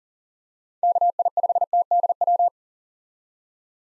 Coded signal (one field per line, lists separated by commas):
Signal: Morse code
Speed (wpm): 40 wpm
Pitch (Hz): 700 Hz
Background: none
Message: KI5TDW